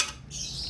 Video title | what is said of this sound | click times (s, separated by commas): mio j ngegas tinggi terus, pie iki.? | Sampai bunyi tek Ya bunyi | 0.0 s